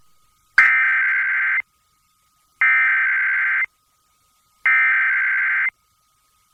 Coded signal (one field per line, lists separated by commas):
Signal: Emergency Alert System (SAME) tones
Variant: header bursts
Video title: [EAS #1846-#1861] Day 2 of Required Monthly Test Week